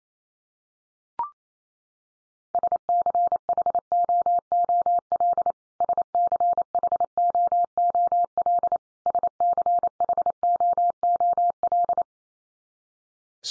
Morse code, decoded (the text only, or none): SCHOOL SCHOOL SCHOOL